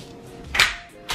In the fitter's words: then you'd hear a click.